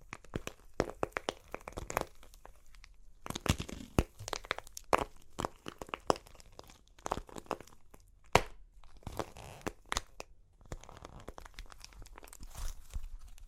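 Crunchy clay cracks and crumbles in dense bursts of sharp snaps and crackles, with short quiet gaps and a loud crack near eight seconds.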